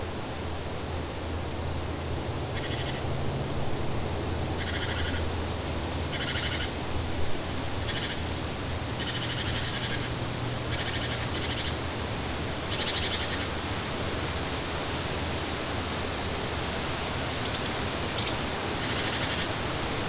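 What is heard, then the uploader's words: A rainforest scene under a constant dense hiss, like rushing water or heavy rain. Short bright chirps and insect-like buzzes come in clusters during the first thirteen seconds, then thin out to a few sharp calls near the end. A low hum runs through the opening half. The Comforting Sounds of the Rainforest.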